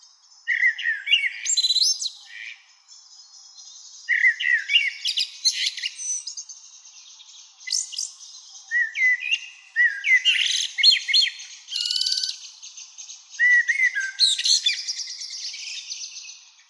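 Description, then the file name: Common blackbird singing mellow, slurred whistled phrases, each ending in a thin, high chattering twitter, with short pauses between. "Turdus merula"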